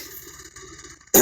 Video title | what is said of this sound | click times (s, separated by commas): Arch Velah this old 🤬🤬🤬🤬🤬🤬!!! | right you got to push that piece in to the right you gotta hear click | 1.1 s